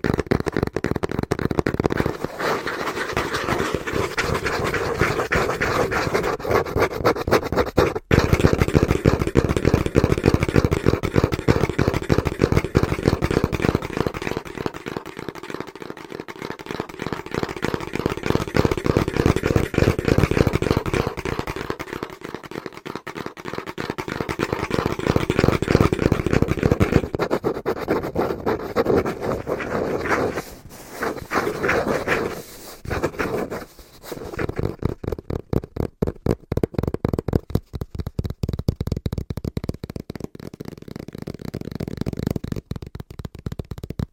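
Fast, rhythmic tapping on a cardboard box, a dense steady patter with hollow low thuds, briefly thinning and stuttering around thirty seconds.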